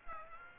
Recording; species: mosquito wingbeat signal from an infrared sensor; Aedes aegypti